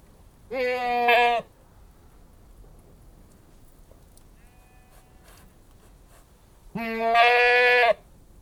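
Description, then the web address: Anglo-Nubian goat bleats twice, a harsh nasal cry near the start and a longer one about six seconds later, with a brief faint tone between. Anglo-Nubian goat breed, livestock, bleating. "The BBC Sound Effects Library. Anglo-Nubian Goat Bleating"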